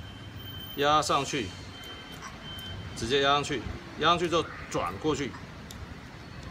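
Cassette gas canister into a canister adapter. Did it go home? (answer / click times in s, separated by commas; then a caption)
yes / 5.7 s. A butane cassette gas canister is lined up with its notch on a canister adapter's locating tab, pressed on, and twisted while someone talks. A single short click is heard at 5.7 seconds as the canister locks into the adapter, seated and ready to use.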